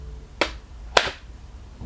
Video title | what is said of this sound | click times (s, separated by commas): Microsoft Surface Pro 8 Unboxing and Review! | that snaps in place and | 0.4 s, 1.0 s